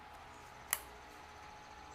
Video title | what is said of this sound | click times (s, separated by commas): New COBB CAN Flex Fuel Install (15+ WRX) | Now make sure that it's clicked into place, and then we will take the longer of the two and we will run that back to | 0.7 s